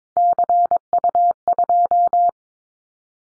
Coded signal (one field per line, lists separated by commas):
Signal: Morse code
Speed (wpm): 22 wpm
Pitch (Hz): 700 Hz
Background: none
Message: CU2